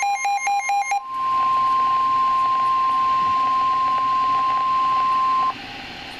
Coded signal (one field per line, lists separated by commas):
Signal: Emergency Alert System (SAME) tones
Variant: 1050 Hz attention tone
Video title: 2016 EAS alerts compilation! 36 alerts!